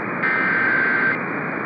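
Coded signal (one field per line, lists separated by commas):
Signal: Emergency Alert System (SAME) tones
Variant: header bursts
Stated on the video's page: Emergency alert tests captured from a radio station relay.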